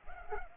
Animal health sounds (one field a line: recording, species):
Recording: mosquito wingbeat signal from an infrared sensor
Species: Culex pipiens